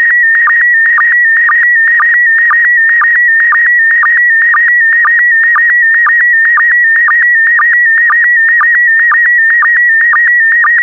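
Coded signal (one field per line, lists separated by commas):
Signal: SSTV (slow-scan television)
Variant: PD120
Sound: warbling tone near 2 kHz with rhythmic low blips about twice a second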